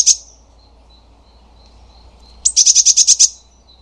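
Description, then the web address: Eurasian blue tit call: one brief high note, a pause, then a sharp upslur leading into about six quick, evenly spaced buzzy chirps. "cianscape birddata Deverinetal 2025 File origin Bird Only Cy Ca"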